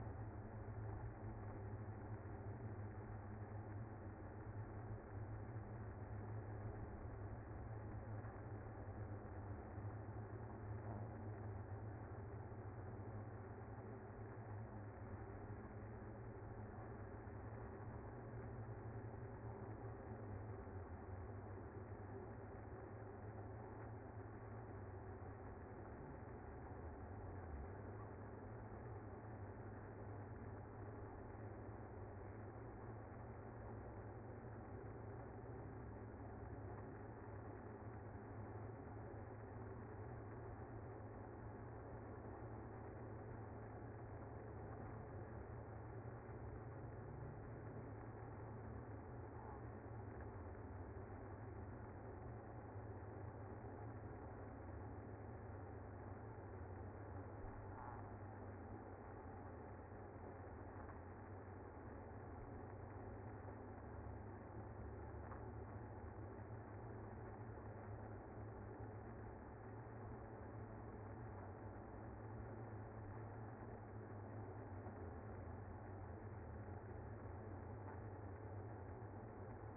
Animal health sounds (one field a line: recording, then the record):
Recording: honeybee colony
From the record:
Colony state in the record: active